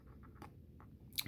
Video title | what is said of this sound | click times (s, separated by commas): How to change a Marvel hearing aid filter | push it down and kind of click it into place pull | 1.2 s